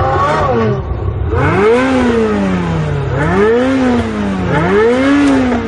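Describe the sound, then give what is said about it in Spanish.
A Ferrari sports car engine revs hard several times, its loud growl climbing and dipping in pitch with each push of the throttle, with no voices over it. “Nice car. What's the retail on one of those? More than you can afford, pal. Ferrari.”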